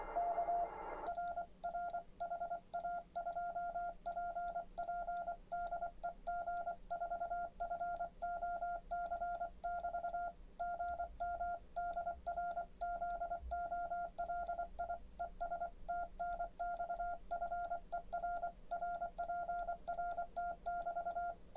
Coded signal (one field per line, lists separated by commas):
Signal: Morse code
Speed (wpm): 24 wpm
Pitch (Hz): 700 Hz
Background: none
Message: K R R HA2PP DE G4FOC <BT> GM DR ZOLI ES TNX FER RPRT <BT>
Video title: G0PNM's Keys #20 The Begali Sculpture Janus